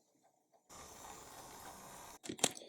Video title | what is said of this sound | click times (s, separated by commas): Harry Potter LEGO Advent Calendar 2020 Day 18: Hogwarts Ice Castle Part 1 | put it upside down oh that see that's quite good it actually locks into place there but Loosely so that's quite good | 2.4 s